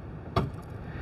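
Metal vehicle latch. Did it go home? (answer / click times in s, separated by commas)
released / 0.4 s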